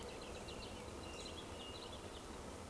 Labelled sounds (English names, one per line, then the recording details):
Eurasian Woodcock whistle
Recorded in Baden-Württemberg, Germany, on 11 June 2020 at 20:03 UTC
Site 14569, 102 m above sea level